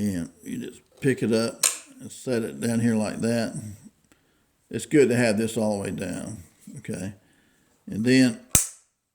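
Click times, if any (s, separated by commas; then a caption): 8.5 s. While reassembling the lock of a Hopkin & Allen percussion underhammer rifle, someone talks while refitting the spring and pulling the spring-loaded hammer part into the underhammer rifle lock. At 8.6 s it seats with one sharp metallic snap and pops into place.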